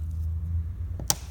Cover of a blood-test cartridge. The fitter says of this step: you'll hear a click so